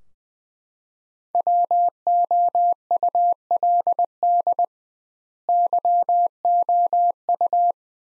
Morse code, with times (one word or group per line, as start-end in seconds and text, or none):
1.4-4.6 WOULD
5.5-7.7 YOU